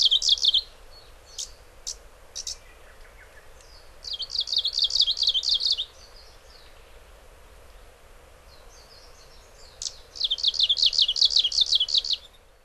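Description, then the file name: Japanese leaf warbler giving scattered sharp chips, then two long runs of rapid buzzy notes, each lasting about two seconds. Recorded in Hyogo. "mebosomushikui 2 1005 hyogo kaji"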